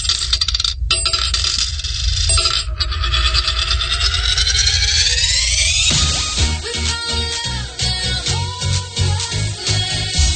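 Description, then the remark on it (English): A bright metallic ringing swells and rises in pitch, then gives way to a loud flurry of coins dropping, clinking and clattering against each other in rapid, uneven bursts. “With your spare change, you can now legally download your favorite MP3s”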